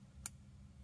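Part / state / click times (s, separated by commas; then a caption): crimped terminal into inline fuse holder housing / seated / 0.3 s. A crimped wire terminal is pushed into the plastic housing of an inline blade fuse holder. A single short, sharp click sounds at 0.3 s over a low background hum, and the terminal is seated in the housing.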